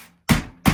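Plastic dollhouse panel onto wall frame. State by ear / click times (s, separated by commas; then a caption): not seated / none. A stiff plastic panel of a 1985/1978 Barbie Dream House dollhouse is forced down onto its wall frame, and two sharp hollow knocks land at about 0.3 s and 0.6 s with quiet in between. The panel resists going any farther, and nothing has seated yet.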